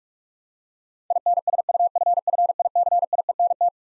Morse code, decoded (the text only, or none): INSUFFICIENT